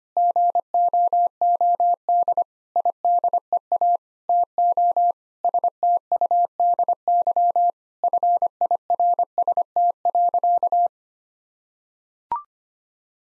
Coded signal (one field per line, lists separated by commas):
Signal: Morse code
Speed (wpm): 25 wpm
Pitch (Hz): 700 Hz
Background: none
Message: GOOD IDEA TO STUDY FIRST.